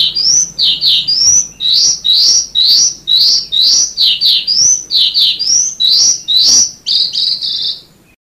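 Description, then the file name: Sanma bird delivering high, mostly upslurred notes about twice a second, some paired, ending in a short trill. "suara burung sanma"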